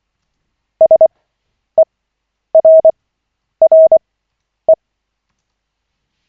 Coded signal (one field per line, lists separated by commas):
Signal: Morse code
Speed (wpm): 24 wpm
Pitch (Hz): 640 Hz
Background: none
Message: SERRE